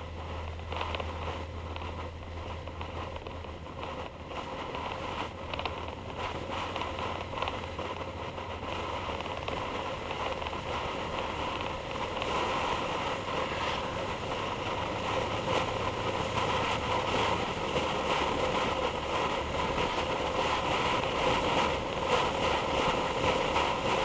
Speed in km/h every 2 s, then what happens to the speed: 50, 53, 52, 55, 56, 60, 60, 64, 64, 66, 64, 69.
0-24 speeds up to 69.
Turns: none.